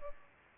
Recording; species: mosquito wingbeat signal from an infrared sensor; Culex pipiens